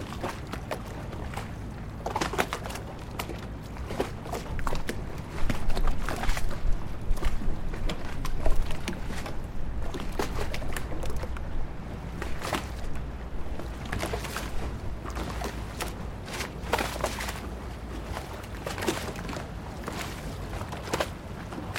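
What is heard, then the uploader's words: Water slaps and splashes against moored gondolas in an irregular rhythm, with sharp knocks and gurgles every second or so. A steady low rumble runs underneath, possibly an engine, and a slightly busier stretch of splashing comes around five to nine seconds. Parked Gondolas - Venice, Italy. Splashing sound of parked public gondolas on Grand Canal next to Punta della Dogana.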